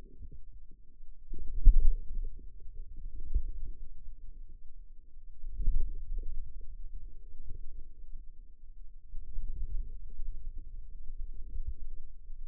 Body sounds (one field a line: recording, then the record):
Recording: forearm muscle sounds (acoustic myography)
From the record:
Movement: ulnar deviation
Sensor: system 2, bracelet of six BSWA MPA416 microphones around the upper forearm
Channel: 6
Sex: female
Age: 22 years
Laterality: right